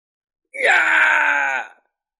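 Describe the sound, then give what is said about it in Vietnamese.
A single drawn-out, terrified, anguished scream, loud and strained, holding a high, harsh pitch for over a second before cutting off abruptly, with no other sounds around it. “Một tiếng thét hoảng sợ thảm thiết vang lên.”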